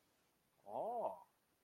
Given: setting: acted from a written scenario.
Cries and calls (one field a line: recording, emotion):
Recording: vocal sound without words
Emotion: desire